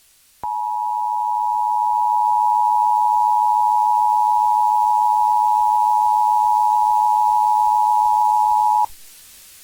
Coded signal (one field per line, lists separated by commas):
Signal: Emergency Alert System (SAME) tones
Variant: 853 and 960 Hz attention tone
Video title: Sacramento, CA EAS: Required Monthly Test (10/10/23)